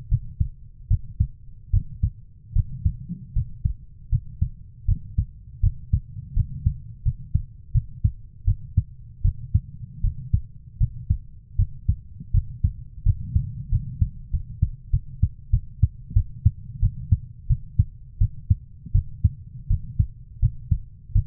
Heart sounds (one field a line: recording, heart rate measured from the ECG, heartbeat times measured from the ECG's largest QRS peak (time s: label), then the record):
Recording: heart sounds by stethoscope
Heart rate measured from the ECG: 83 bpm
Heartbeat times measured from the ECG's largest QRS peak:
0.09 s: heartbeat
0.88 s: heartbeat
1.71 s: heartbeat
2.53 s: heartbeat
3.33 s: heartbeat
4.09 s: heartbeat
4.85 s: heartbeat
5.60 s: heartbeat
6.34 s: heartbeat
7.03 s: heartbeat
7.72 s: heartbeat
8.45 s: heartbeat
9.22 s: heartbeat
10.01 s: heartbeat
10.78 s: heartbeat
11.56 s: heartbeat
12.31 s: heartbeat
13.03 s: heartbeat
13.69 s: heartbeat
14.31 s: heartbeat
14.90 s: heartbeat
15.50 s: heartbeat
16.13 s: heartbeat
16.80 s: heartbeat
17.47 s: heartbeat
18.18 s: heartbeat
18.92 s: heartbeat
19.67 s: heartbeat
20.40 s: heartbeat
21.12 s: heartbeat
From the record:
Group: healthy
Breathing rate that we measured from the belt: 18 breaths a minute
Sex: female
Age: 24 years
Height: 163 cm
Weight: 55.7 kg